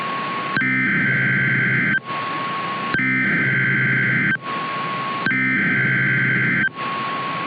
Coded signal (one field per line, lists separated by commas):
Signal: Emergency Alert System (SAME) tones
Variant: header bursts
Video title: No Turning Back - An EAS Scenario Mini